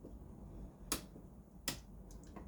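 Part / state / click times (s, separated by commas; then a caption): fleece roll holder part into an aquarium roller filter unit / seated / 0.9 s, 1.7 s. The part that holds the new fleece roll is clipped back into a Red Sea ReefMat 500 aquarium roller filter while changing the roll. Two sharp plastic snaps ring out at 0.9 s and 1.7 s, followed by a few faint light ticks around 2.1 to 2.4 s. The fleece roll holder is confirmed seated and good.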